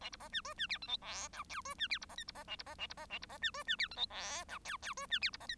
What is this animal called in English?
Bengalese Finch